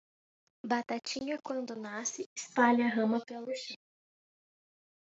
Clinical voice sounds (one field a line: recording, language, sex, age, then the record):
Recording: short text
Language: Brazilian Portuguese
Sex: female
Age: 20 to 29 years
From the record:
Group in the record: control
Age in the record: 21 years